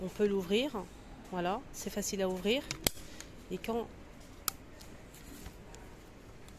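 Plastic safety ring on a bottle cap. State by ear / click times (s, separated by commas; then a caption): not seated / none. Someone talks while handling the plastic safety ring on a drink bottle cap, which can be pushed into a locked position so the cap cannot be opened. Speech fills the first four seconds, followed by a sharp short click at 4.5 s and a few faint ticks up to about 6.5 s. Nothing has clipped shut yet.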